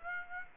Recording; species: mosquito wingbeat signal from an infrared sensor; Aedes aegypti